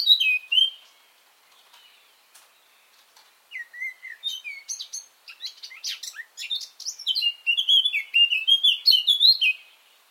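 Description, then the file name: Eurasian blackcap song, opening with a loud clear note, a quiet gap, then a long rapid warbling phrase of varied whistles and chattering notes. "Sylvia atricapilla"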